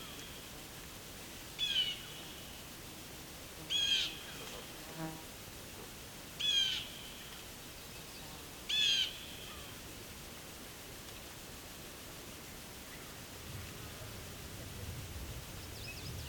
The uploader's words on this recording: It's late afternoon during the summer solstice of 2021, a time of the day when the birds are singing at a slower, more relaxed pace in the quiet soundscape of the Bruce Peninsula National Park in Ontario, Canada. Songbirding was recorded, engineered, narrated and created by ….